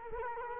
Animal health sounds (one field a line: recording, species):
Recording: mosquito wingbeat signal from an infrared sensor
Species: Culex quinquefasciatus